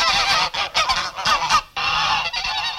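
A flock of geese honks loudly in dense, overlapping nasal calls, the clamor breaking off briefly twice before surging back. No one speaks.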